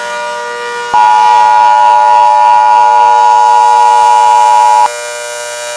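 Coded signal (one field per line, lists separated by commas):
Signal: Emergency Alert System (SAME) tones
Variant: 853 and 960 Hz attention tone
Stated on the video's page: Fictional tsunami scenario.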